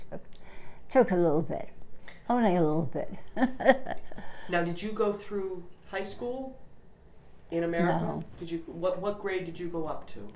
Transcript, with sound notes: It took, took a little bit, only a little bit. (she laughs)
Now, did you go through high school in America?
No.
Did you, what, what grade did you go up to?